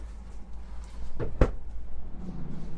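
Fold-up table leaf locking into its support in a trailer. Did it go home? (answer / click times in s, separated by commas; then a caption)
yes / 1.4 s. A fold-up table leaf in a 2024 Conqueror UEV-19 trailer is flipped up and locks into its support. After a quieter lead-in, a softer knock comes around 1.2 s, then the table locks into place with a single sharp knock at 1.4 s. Faint low background noise continues after.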